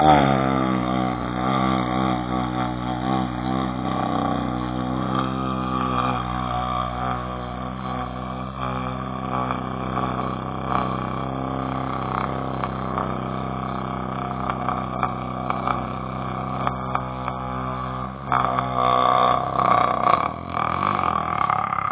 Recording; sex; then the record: sustained vowel /a/; male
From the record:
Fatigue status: no fatigue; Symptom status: asymptomatic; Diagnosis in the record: COVID-19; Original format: 3gp